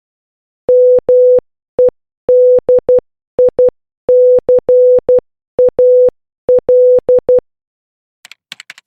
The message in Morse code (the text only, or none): MEDICAL